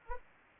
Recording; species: mosquito wingbeat signal from an infrared sensor; Anopheles arabiensis